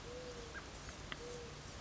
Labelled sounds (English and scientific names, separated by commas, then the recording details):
Mourning Dove (Zenaida macroura)
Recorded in Sonoma County, California